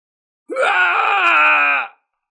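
An old man's agonized scream as he is struck down and killed by a red cloud from a killing formation: one loud, strained cry that rises sharply at the start, holds steady and harsh for about a second and a half, then breaks off abruptly.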